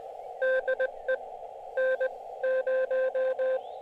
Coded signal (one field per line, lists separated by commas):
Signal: Morse code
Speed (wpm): 19 wpm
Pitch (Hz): 520 Hz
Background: radio noise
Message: DE N0